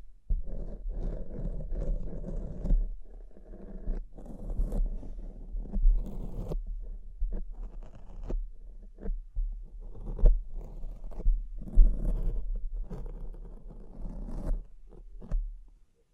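Tapping, scratching and brushing sounds run steadily through all sixteen seconds, with a dense layer of rough scraping and rustling. Sharp taps and crisp crinkly bursts cut in every second or two, over a constant low hum.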